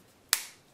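The rigid plastic back section of an IvySkin SmartCase 4 battery case (with Quattro 4), holding an iPhone 4 in its front part, is worked into place. Because it can be a bit difficult to get in, it takes some maneuvering before it snaps home with one sharp click at 0.3 s. The back is seated.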